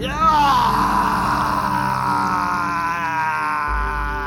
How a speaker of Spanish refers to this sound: De dentro vino un grito horrible, de puro terror animal.